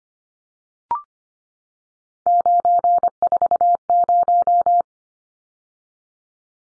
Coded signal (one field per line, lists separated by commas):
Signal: Morse code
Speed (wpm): 25 wpm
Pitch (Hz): 700 Hz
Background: none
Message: 940